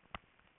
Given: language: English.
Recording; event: throat vibration sensor signal played as sound; swallow